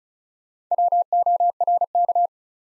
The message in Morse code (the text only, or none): WORK